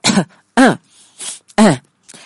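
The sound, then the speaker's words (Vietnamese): A man gives three short, light coughs with a raspy, throat-clearing edge, spaced about a second apart, with softer breathy sounds between them and no speech, while sitting after pouring himself a cup of tea. “Hắn duỗi tay rót cho mình một tách trà, kiên trì không chịu đứng lên, vẫn tiếp tục xấu hổ ngồi đấy, ho nhẹ vài tiếng.”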